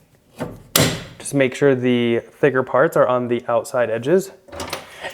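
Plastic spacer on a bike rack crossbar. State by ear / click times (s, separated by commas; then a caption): seated / 0.8 s. A second plastic spacer is pushed onto the crossbar of a bike rack for a Tesla Cybertruck and snaps into place with a sharp, loud click at 0.8 s. Someone talks over the rest of the clip, with a couple of faint knocks near the end.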